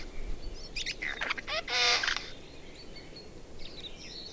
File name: Garrulus glandarius